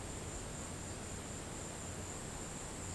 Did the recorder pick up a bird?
no